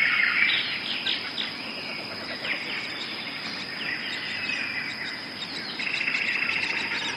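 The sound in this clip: Jungle birds chirping in a busy mixed chorus of short high notes, with a steady buzzing insect drone running throughout.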